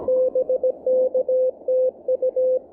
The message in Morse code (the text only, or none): BKTU